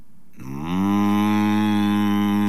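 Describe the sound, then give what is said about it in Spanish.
A single long, low cow moo starts after a brief silence, swells quickly and holds a steady, droning pitch to the end, loud and with no talking over it. “Dame el celular y te mujo.”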